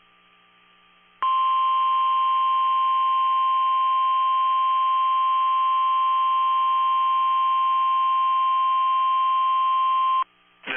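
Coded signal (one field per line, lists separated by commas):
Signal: Emergency Alert System (SAME) tones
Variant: 1050 Hz attention tone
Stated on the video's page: Real NOAA Weather Radio severe thunderstorm warning for southeastern Berks and northwestern Chester counties, Pennsylvania.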